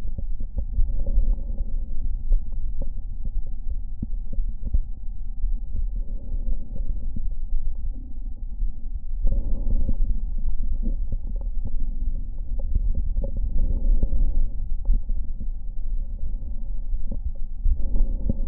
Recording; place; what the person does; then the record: lung sounds by stethoscope; left anterior apical chest; quiet breathing, then deep breathing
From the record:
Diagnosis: COPD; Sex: female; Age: 65 years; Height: 156 cm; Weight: 63.9 kg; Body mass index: 26.3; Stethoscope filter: diaphragm mode